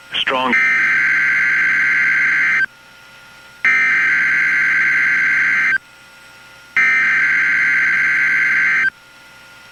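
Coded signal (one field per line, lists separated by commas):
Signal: Emergency Alert System (SAME) tones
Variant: header bursts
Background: speech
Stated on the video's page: Personal captures of real EAS alerts.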